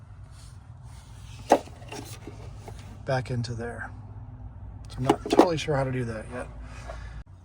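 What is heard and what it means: A wiring connector is handled near the control socket of an Espar B4L diesel heater, on its way to being pushed firmly back in, with a sharp tap at about 1.5 s and light handling noises while someone talks. The clip ends before the connector goes home, and nothing has seated or clicked yet.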